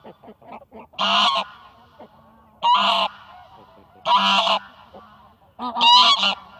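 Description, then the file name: Greylag goose honking: four loud, harsh, nasal honks spaced about one and a half seconds apart, with softer clucking notes between them. Recorded in 2023. "oca selvatica 2023"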